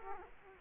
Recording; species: mosquito wingbeat signal from an infrared sensor; Culex quinquefasciatus